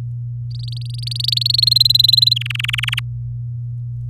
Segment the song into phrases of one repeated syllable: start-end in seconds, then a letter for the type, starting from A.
0.51-1.43 A, 1.45-2.34 B, 2.36-3.00 C